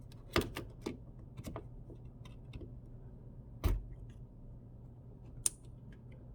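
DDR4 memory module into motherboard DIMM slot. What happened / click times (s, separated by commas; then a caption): The memory module's rear latch snapped closed / 5.5 s. A Corsair Vengeance RGB PRO DDR4 memory stick, part of a 32GB kit, is pressed into a motherboard DIMM slot, with soft handling taps and a louder thud around 3.7 s. The slot's back retention clip snaps closed with a sharp click at 5.5 s, and the module is seated.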